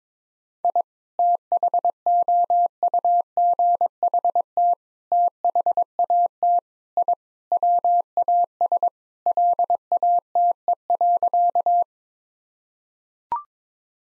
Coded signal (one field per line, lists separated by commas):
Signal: Morse code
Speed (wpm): 22 wpm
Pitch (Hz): 700 Hz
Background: none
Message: I THOUGHT THAT I WAS LATE.